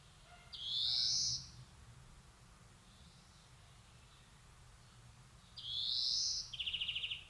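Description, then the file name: European greenfinch calls: two buzzy, slightly rising wheezes about five seconds apart, the second followed by a quick rattling trill, over steady low hum. "Chloris chloris"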